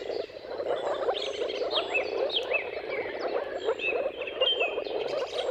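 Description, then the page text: Moor frog mating chorus, a steady mass of muffled, pulsing low notes from many frogs at once, while songbirds add whistles and chirps. Dawn chorus of moor frogs giving mating calls at sunrise, at the turn of March and April, timing depending on the weather. "Jakub-Orzecki moor frogs. Depending on the weather at the turn of March and April, you can witness an amazing spectacle of moor frogs"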